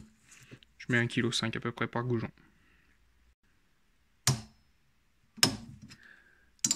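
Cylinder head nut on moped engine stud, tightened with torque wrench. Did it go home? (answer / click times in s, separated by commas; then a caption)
yes / 4.3 s, 5.4 s, 6.6 s. Moped cylinder head nuts on the engine studs are tightened with a torque wrench set to about 1.5 kg·m per stud. Someone talks at first, then sharp, loud clicks ring out at 4.3 s, 5.4 s and 6.7 s as the wrench breaks at its setting on each nut.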